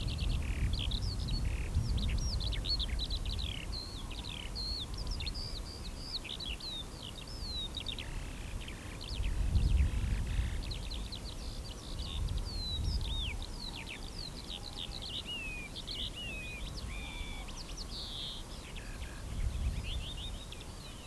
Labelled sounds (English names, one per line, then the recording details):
Eurasian Skylark song
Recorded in the wild
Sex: male
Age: adult
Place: Lüdersdorf, Barnim, Brandenburg, DE
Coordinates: 52.9169, 14.0703
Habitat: field
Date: 2006-04-15
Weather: overcast, 3°C, light to moderate westerly winds
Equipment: Marantz PMD 671, Sennheiser MKH 70, Popschutz
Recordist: Frommolt, Karl-Heinz